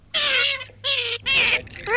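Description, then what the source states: Garganey calls: three nasal, harmonic quacking notes about half a second each with short gaps, a fourth starting at the end, over a faint low hum. From Russia; recording made for use with a decoy caller.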